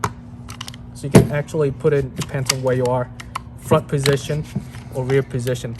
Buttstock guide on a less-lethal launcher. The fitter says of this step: That's why you're gonna need this version guide if you're gonna use it, because this is the one actually locked into place, okay?